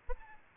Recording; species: mosquito wingbeat signal from an infrared sensor; Aedes albopictus